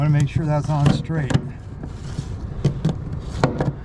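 Someone talks while handling a boat fuel-line fitting with an O-ring, lining it up on its mount (a gill bracket) on a fiberglass Glasply 19 boat. Short taps and knocks sound from the fitting around 2.9, 3.4 and 3.6 seconds. The fitting has not clicked or seated yet.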